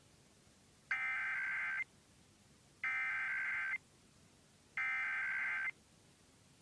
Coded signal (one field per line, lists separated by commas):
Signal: Emergency Alert System (SAME) tones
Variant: header bursts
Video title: Iowa Required Monthly Tests (EAS #100-103)